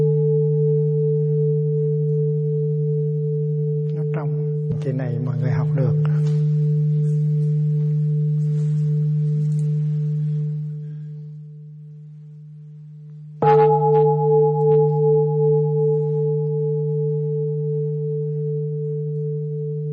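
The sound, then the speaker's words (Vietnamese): A large hanging Buddhist temple bell is struck twice, roughly eight seconds apart. Each strike releases a deep, humming tone that rings on and slowly fades, with no voices heard. “Thì mình giúp cho tiếng chuông nó bay lên. Chứ không phải là mình đánh đau để nó phải la lên.”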